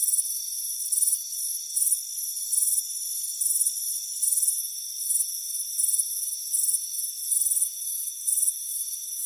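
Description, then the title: Crickets give short, sharp high chirps at a quick, fairly regular pace against an unbroken shrill hum. Crickets chirping on a warm afternoon on a front porch. "Soothing Crickets Chirping Sound"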